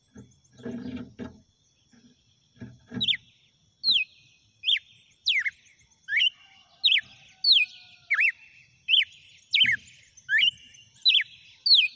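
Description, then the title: Red-cowled cardinal delivering a long series of sharp, downward-slurred whistles about every 0.7 seconds, preceded by some clattering taps. Female; title asks whether it is singing and "batendo fogo". "Canto Galo Campina Fêmea. GALO DE CAMPINA CANTANDO e BATENDO FOGO?"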